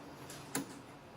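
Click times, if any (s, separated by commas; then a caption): 0.5 s. The main fuel line's quick-connect fitting, with its retaining clip removed, is pushed onto a motorcycle's injector fuel rail. A single sharp click is heard at 0.6 seconds above a quiet background hiss. The connector seats fully.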